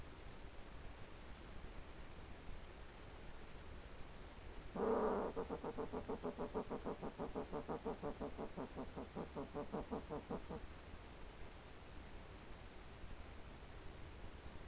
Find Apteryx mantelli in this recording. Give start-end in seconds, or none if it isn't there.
none